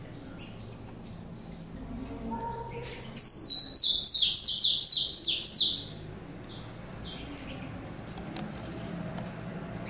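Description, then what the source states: Saffron finch song: a few high notes, then a dense run of rapid, ringing chirps stepping down in pitch, trailing off into scattered notes. Recorded in the Pantanal.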